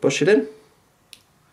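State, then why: Seated. A CGM transmitter for a Minimed 640G is gently pushed onto the sensor base taped to the skin while someone talks. A single short, sharp click at 1.1 s marks it seating into place.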